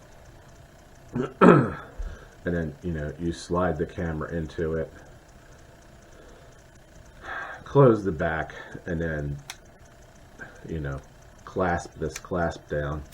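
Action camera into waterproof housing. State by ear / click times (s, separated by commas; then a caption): not seated / none. An action camera is slid into its plastic waterproof housing while someone talks throughout. The back has not yet been closed or clasped, and nothing has seated or clicked yet.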